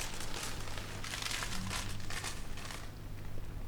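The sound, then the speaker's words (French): Paper crinkles and rustles steadily for about three seconds as a purse is wrapped in it, the crisp crackling fading out near the end with no voices. “Maintenant, prenez votre bourse et enveloppez-la dans ce papier.”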